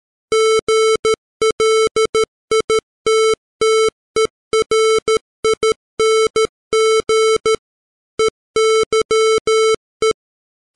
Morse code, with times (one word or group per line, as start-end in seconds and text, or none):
0.3-7.5 GLITTERING
8.2-10.1 EYE